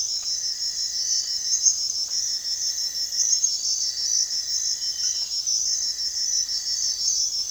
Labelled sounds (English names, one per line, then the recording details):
none
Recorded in dense forest near Puerto Asís, Putumayo, Colombia, on 19 February 2024 at 05:30
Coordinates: 0.485, -76.322
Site G6406